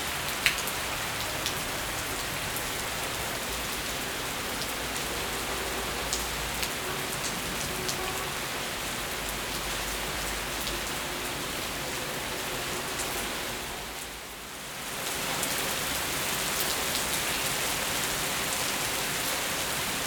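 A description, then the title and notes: Steady rain falls on a city at night, a dense, even hiss across the whole clip with scattered sharper drops ticking. Around fourteen seconds the sound briefly softens and dips before the full downpour returns, with a faint low hum underneath. Rainy Night in a Big City. In this episode, you will hear the rain in a big city.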